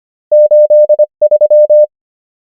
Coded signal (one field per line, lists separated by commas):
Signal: Morse code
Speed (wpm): 25 wpm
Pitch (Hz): 600 Hz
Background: none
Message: 8 3